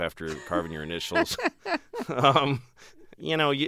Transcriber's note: soundbite of laughter